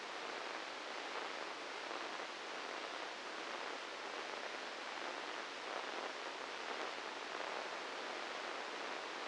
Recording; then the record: brain microelectrode recording played as sound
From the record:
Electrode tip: inside the subthalamic nucleus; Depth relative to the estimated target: -1 mm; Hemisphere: right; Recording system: NeuroSet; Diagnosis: Parkinson's disease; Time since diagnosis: 13 years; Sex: male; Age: 66 years